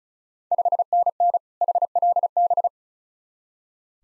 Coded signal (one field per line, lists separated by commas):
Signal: Morse code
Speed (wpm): 34 wpm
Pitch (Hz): 700 Hz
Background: none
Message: 5NN HLB